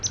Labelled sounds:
Palm Warbler (Setophaga palmarum) flight call

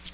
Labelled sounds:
Hooded Warbler (Setophaga citrina) flight call

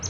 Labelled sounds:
Palm Warbler (Setophaga palmarum) flight call

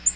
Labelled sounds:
Black-throated Green Warbler (Setophaga virens) flight call

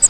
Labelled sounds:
Grace's Warbler (Setophaga graciae) flight call

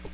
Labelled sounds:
American Redstart (Setophaga ruticilla) flight call

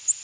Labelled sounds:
Prothonotary Warbler (Protonotaria citrea) flight call

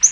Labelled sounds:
Yellow-rumped Warbler (Setophaga coronata) flight call

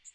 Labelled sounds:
Magnolia Warbler (Setophaga magnolia) flight call

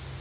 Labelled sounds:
American Redstart (Setophaga ruticilla) flight call

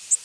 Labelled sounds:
Worm-eating Warbler (Helmitheros vermivorum) flight call

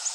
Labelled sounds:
Orange-crowned Warbler (Leiothlypis celata) flight call

